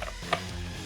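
A filter cartridge, lined up with the smallest notch on a half-face respirator, is twisted until it clicks into the facepiece. After a softer tap at 0.0 s, a single sharp, bright click sounds at 0.3 s as the filter seats in place, followed by quiet low hum.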